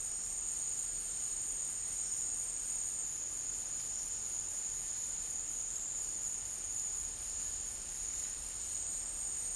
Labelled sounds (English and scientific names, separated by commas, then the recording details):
none
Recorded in dense forest near Puerto Asís, Putumayo, Colombia, on 24 March 2025 at 16:00
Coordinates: 0.503, -76.323
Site GP09